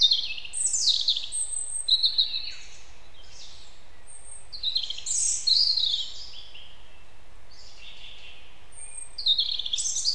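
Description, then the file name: European robin song: high, thin warbled phrases with sliding whistles and quick trills, delivered in bursts separated by short pauses against a faint steady hiss. "Erithacus rubecula"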